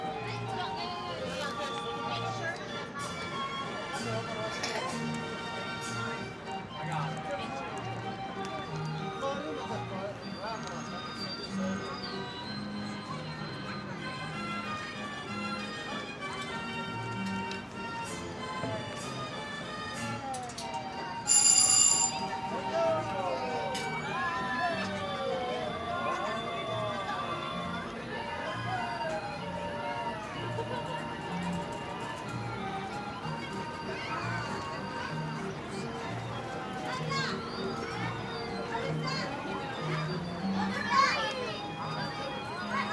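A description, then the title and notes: An outdoor carousel in New York City, with tinkling, steady mechanical music running throughout and a busy crowd of voices and children. A sharp, bright hiss cuts in briefly around the 21-second mark, and a quick knock sounds near the end. Ext. NYC - Carousel. NYC - Carousel by Bandeto.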